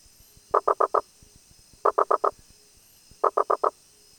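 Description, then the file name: Rosenberg's gladiator frog call: quick bursts of four hollow knocking notes, each burst repeated roughly every one and a half seconds against a quiet background. "Boana rosenbergi"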